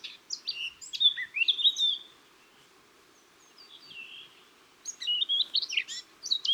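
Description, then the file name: Eurasian blackcap song: a burst of jumbled warbling, a pause with a soft phrase, then another energetic warbled burst over low background noise. "Sylvia atricapilla"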